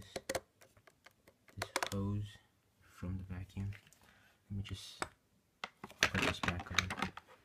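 A hose fitting is handled on a Dyson DC65 Animal Complete vacuum as someone talks, with sharp plastic knocks and taps around 0.2–0.4 s, 1.6–1.8 s and 5.6–6.2 s. The fitting is being twisted into place but is not yet home, so nothing has seated or clicked yet.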